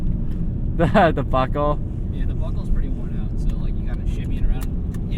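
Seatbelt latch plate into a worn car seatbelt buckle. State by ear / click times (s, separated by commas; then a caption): seated / 4.6 s. In the cabin of an E46 330i ZHP, a passenger re-fastens a seatbelt that had just come undone, shimmying the metal latch plate around in the worn buckle while someone talks. The latch plate clicks into the buckle at 4.6 s and is confirmed fastened; it has to be shimmied because the worn buckle doesn't click in well when just pushed.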